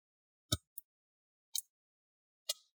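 An opening tool is twisted between the plastic palm rest and the bottom cover along the left side of an HP Pavilion x360 13-u108 laptop. The palm rest clips pop loose one after another with sharp snaps at 0.5, 0.8, 1.6 and 2.5 seconds, and the clips are released.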